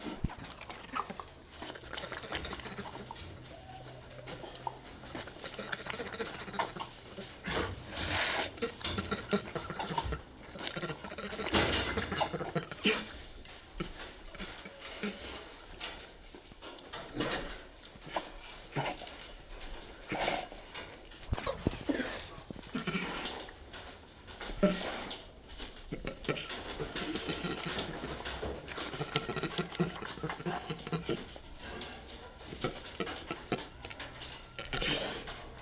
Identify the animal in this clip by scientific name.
Melursus ursinus